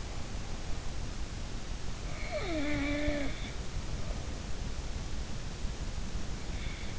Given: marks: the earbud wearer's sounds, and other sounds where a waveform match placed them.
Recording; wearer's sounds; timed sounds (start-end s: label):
sounds in sleep by an in-ear microphone; snoring breath
2.17-3.51 s: snoring breath